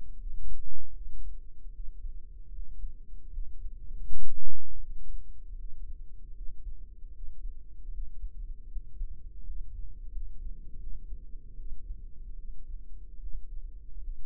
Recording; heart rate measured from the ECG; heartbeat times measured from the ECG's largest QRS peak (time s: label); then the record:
heart sounds by microphone in the right ear; 78 bpm
0.16 s: heartbeat
0.91 s: heartbeat
1.70 s: heartbeat
2.49 s: heartbeat
3.28 s: heartbeat
4.02 s: heartbeat
4.78 s: heartbeat
5.54 s: heartbeat
6.32 s: heartbeat
7.10 s: heartbeat
7.89 s: heartbeat
8.67 s: heartbeat
9.41 s: heartbeat
10.08 s: heartbeat
10.77 s: heartbeat
11.54 s: heartbeat
12.34 s: heartbeat
13.17 s: heartbeat
14.00 s: heartbeat
From the record:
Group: healthy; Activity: rest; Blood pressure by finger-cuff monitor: 96/55 mmHg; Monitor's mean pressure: 70 mmHg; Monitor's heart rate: 78 bpm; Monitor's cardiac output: 6.6 L/min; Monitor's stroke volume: 81 mL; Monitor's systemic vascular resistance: 740 dyn s/cm5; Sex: female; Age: 26 years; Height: 165 cm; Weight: 55 kg